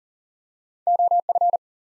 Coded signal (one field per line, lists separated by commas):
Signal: Morse code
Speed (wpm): 40 wpm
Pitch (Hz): 700 Hz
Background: none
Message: OF